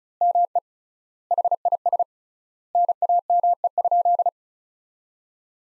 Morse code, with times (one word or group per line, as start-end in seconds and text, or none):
0.2-0.6 ME
1.3-2.0 HIS
2.8-4.3 NAME?